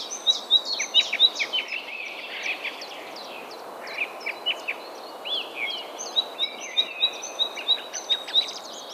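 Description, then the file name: Great tit calling, bright high two-note phrases repeated quickly at the start and again near the end, amid many other chirps. "Parus major"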